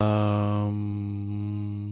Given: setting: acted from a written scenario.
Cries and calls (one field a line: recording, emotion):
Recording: vocal sound without words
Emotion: confusion